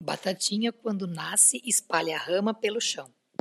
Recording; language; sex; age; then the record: short text; Brazilian Portuguese; female; 40 to 49 years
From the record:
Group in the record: control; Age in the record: 42 years